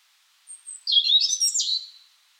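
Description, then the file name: European robin giving a thin high note followed by a tangled, scratchy high-pitched call lasting about a second. "Erithacus rubecula"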